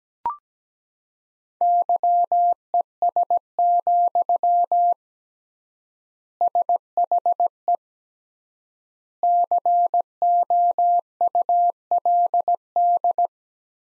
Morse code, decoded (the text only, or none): YES, SHE COULD